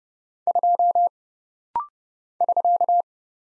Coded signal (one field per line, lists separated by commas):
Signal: Morse code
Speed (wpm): 31 wpm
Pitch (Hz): 700 Hz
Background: none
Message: 2 <SK>